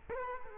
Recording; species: mosquito wingbeat signal from an infrared sensor; Culex quinquefasciatus